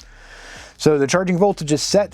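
The two halves of an MC4 waterproof solar connector, one on an adapter cable, are pushed together and latch with a click at 0.0 s. The connector is confirmed as seated, with a gasket between the halves. After a stretch of low hiss, someone talks.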